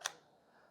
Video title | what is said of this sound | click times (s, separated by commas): EXQ 타이니 폴리셔 사용법(exq tiny polisher) | 딸깍 소리 나게 쳐주시면 조립이 된 겁니다 | 0.1 s